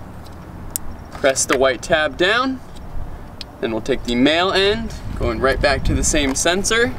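The female end of the second wiring harness lead is plugged into the intake manifold pressure sensor on a Ford F150 3.5L EcoBoost during a RaceChip installation, seating with one strong, sharp snap at 0.8 s. The white locking tab is then pressed down, and someone talks throughout.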